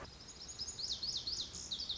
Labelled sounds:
Lazuli Bunting (Passerina amoena)
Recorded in Sonoma County, California

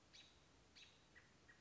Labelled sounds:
American Robin (Turdus migratorius)
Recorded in Sonoma County, California

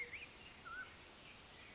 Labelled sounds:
Mountain Quail (Oreortyx pictus)
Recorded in Sonoma County, California

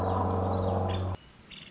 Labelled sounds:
Nuttall's Woodpecker (Dryobates nuttallii)
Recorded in Sonoma County, California

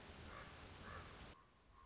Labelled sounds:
Common Raven (Corvus corax)
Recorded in Sonoma County, California

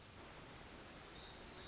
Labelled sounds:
Pacific Wren (Troglodytes pacificus)
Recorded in Sonoma County, California

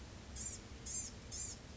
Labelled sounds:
Blue-gray Gnatcatcher (Polioptila caerulea)
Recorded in Sonoma County, California

